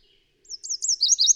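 Bird song, a brief, very high series of quick looping notes that grow louder and slightly lower, cut off at the end.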